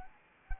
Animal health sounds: mosquito wingbeat signal from an infrared sensor; Anopheles arabiensis

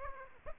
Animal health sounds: mosquito wingbeat signal from an infrared sensor; Aedes aegypti

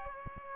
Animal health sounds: mosquito wingbeat signal from an infrared sensor; Aedes aegypti

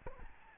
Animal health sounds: mosquito wingbeat signal from an infrared sensor; Aedes albopictus

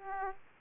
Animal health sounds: mosquito wingbeat signal from an infrared sensor; Aedes aegypti

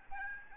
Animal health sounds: mosquito wingbeat signal from an infrared sensor; Aedes albopictus

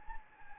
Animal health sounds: mosquito wingbeat signal from an infrared sensor; Anopheles gambiae

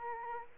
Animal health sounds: mosquito wingbeat signal from an infrared sensor; Culex quinquefasciatus

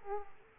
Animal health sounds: mosquito wingbeat signal from an infrared sensor; Aedes aegypti

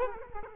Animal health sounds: mosquito wingbeat signal from an infrared sensor; Culex quinquefasciatus

